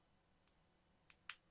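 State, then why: Seated. A plastic window part is pressed into a toy stagecoach and snaps into place with two sharp clicks, a lighter one at 1.1 seconds and a louder one at 1.3 seconds. A faint tick comes just before 0.5 seconds. There is no talk and only low background noise.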